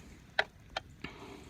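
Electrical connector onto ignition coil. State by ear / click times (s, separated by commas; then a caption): not seated / none. An electrical connector is slid onto the ignition coil of a 2010 Dodge Avenger engine during a spark plug change, with its plastic latch meant to catch the nub. Three short, sharp ticks of handling are heard at about 0.4, 0.8 and 1.0 seconds, the first the loudest. Nothing has seated or clicked yet.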